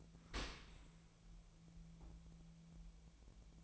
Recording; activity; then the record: daily activity, microphone in the room; open dishwasher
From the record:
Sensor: 1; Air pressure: 1000.5 hPa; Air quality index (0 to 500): 182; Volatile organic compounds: 4 ppm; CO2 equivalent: 1673 ppm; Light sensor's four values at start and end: 11/27/11/13 and 11/27/11/13